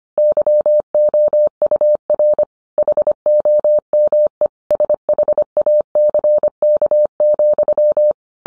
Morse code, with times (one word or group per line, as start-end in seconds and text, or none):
0.2-2.4 YOUR
2.8-4.5 HOME
4.7-8.1 SHACK,